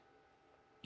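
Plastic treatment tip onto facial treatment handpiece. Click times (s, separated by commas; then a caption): 0.8 s. A small green plastic treatment tip is pressed down over the O-ring on a facial hydrodermabrasion handpiece. After a quiet, steady background, a single short tick is heard at 0.8 s as the tip seats and locks onto the handpiece.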